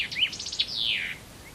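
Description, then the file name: Common chaffinch song: a quick run of bright high notes speeding into a trill, ending in a sweeping, falling flourish lasting about half a second. "Penkava Obecna"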